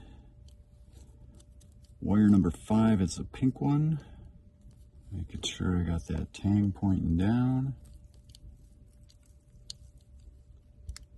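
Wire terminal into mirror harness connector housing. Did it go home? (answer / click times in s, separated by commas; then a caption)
yes / 9.7 s. Someone talks while a crimped pink wire terminal, wire number five, is pushed with its locking tang pointing down into a plastic connector housing for a Lexus power mirror harness. A sharp click sounds at 9.7 s, and the terminal is seated in the housing.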